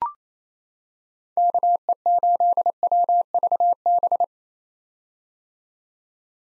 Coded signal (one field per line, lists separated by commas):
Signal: Morse code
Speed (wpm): 28 wpm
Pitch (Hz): 700 Hz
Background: none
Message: KE8WVB